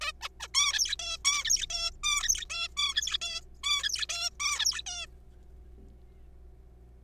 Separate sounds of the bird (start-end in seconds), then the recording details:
0.01-0.12, 0.21-0.29, 0.40-0.48, 0.54-0.95, 0.99-1.18, 1.25-1.44, 1.45-1.66, 1.70-1.90, 2.04-2.45, 2.50-2.68, 2.77-3.17, 3.22-3.41, 3.64-4.05, 4.09-4.29, 4.40-4.82, 4.87-5.06. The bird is a juvenile. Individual R3428